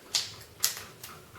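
A quick-detachable sling mount is handled at a slot on the stock of a WE PDW open-bolt airsoft gun. Three short, bright handling sounds are heard: sharp ones near 0.2 s and 0.6 s and a softer one near 1.0 s. Nothing has seated or clicked into place yet.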